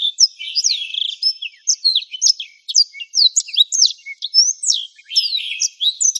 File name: suara burung blackthroat